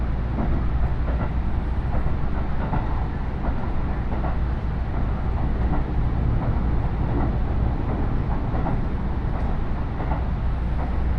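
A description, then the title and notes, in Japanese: A train on the Iida Line runs between Tatsuno and Ina-shi, its deep, steady rumble holding an even level throughout. Faint clicks and rattles recur at a fairly regular pace over the dense low drone, with a light hiss on top. 鉄道旅 飯田線 辰野→伊那市。やってきたのは313系の2両編成。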